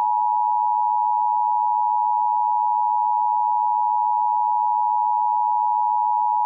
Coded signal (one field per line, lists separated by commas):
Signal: Emergency Alert System (SAME) tones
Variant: 853 and 960 Hz attention tone